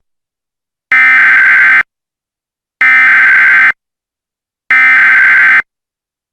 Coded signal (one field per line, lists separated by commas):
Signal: Emergency Alert System (SAME) tones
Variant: header bursts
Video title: EAS Scenario - Nuclear War